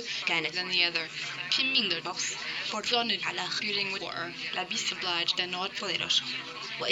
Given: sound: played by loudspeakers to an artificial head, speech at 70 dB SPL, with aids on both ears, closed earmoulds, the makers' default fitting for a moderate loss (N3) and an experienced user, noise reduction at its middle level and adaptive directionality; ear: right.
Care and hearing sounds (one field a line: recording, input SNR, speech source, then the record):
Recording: speech test signal (ISTS) in cocktail-party noise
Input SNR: +6 dB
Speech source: on the right (90 degrees)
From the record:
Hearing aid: class 1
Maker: A